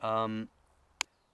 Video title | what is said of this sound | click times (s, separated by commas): Useful Beekeeping Gadgets | press it hard enough uh or maybe if you just there we go click it in the right way | 1.0 s